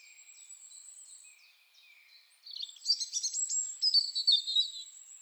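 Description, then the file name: European robin song with soft, thin, high drawn-out notes, then a louder burst of quick tinkling and trilled notes over the last half. "Erithacus rubecula"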